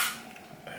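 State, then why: Seated. A plastic prop-guard cage clip is pressed onto a DJI Neo drone frame while the guard is being refitted. After a fading noisy start, a short click lands at 0.7 s as the clip seats into place.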